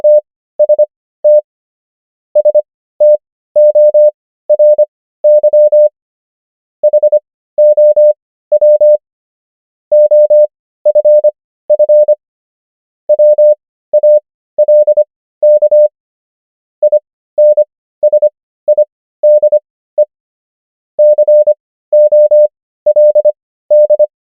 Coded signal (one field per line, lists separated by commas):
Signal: Morse code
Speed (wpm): 25 wpm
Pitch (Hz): 600 Hz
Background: none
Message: TST STORY HOW OFF WALK INSIDE COLD